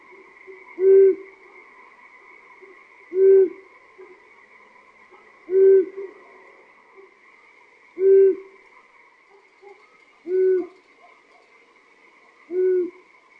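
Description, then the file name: Long-eared owl giving deep, even hoots, one roughly every two and a half seconds, six in all, against a constant faint tonal hum. "uszatka"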